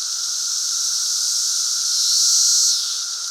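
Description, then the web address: Periodical cicada chorus, a constant high buzzing drone that brightens and swells near the end before easing back. Cicada emergence, 2024; a 220-year cicada bloom. "The Psychologically Ultimate 220 Year Cicada Bloom. Future Site of Pana Steakhouse Cicadas"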